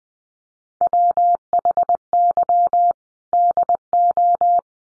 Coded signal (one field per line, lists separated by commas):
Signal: Morse code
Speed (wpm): 20 wpm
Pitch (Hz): 700 Hz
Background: none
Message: WHY DO